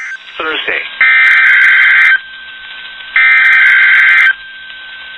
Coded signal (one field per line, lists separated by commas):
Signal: Emergency Alert System (SAME) tones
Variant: header bursts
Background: speech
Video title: 1 Week Prior from the 2022 Tsunami Communications Drill RWTs (EAS #1031-#1039)